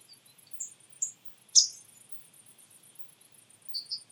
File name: Poecile palustris